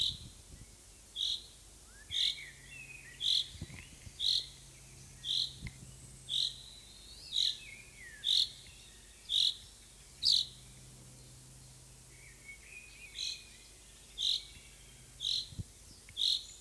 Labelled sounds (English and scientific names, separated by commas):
Common Chaffinch (Fringilla coelebs) call